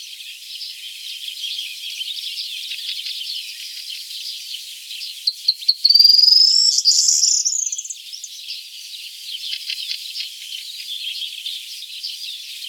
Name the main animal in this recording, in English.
Corn Bunting